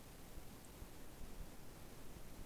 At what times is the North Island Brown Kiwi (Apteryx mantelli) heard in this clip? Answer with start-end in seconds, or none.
none